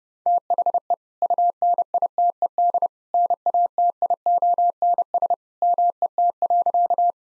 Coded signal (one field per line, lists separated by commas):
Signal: Morse code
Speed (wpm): 30 wpm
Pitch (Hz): 700 Hz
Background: none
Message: THE UNITED NATIONS MET.